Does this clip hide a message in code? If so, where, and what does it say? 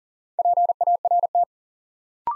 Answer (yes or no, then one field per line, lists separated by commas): yes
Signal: Morse code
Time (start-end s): 0.4-1.4 s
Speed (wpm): 40 wpm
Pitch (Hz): 700 Hz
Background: none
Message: PART